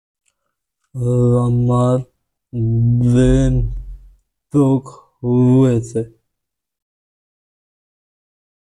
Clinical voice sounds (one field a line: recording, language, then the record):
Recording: elicited speech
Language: Bengali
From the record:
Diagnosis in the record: Broca's or global aphasia after a stroke